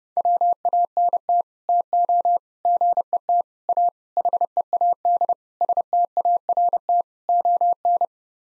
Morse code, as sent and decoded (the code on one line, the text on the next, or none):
.-- .- -. - / - --- / --. . - / .- / .... . .- -.. / ... - .- .-. - / --- -.
WANT TO GET A HEAD START ON